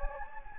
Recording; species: mosquito wingbeat signal from an infrared sensor; Anopheles gambiae